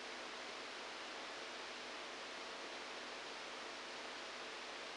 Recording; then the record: brain microelectrode recording played as sound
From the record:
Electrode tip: outside the subthalamic nucleus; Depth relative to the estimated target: 0 mm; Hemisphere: right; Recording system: NeuroSet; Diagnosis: Parkinson's disease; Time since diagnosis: 7 years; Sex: male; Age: 69 years